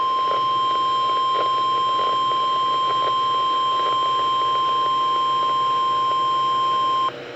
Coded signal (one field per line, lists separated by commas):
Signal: Emergency Alert System (SAME) tones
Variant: 1050 Hz attention tone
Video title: LSX Required Weekly Test On KXI70 & KDO89 12/27/2023 (EAS #2,343-2,344)